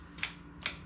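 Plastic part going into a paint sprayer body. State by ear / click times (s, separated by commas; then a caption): seated / 0.2 s, 0.7 s. A plastic part is slid into a Topshak paint sprayer body and curled up until it locks into place. Two sharp clicks are heard at 0.2 s and 0.7 s, each preceded by a brief sliding rustle. The part is seated.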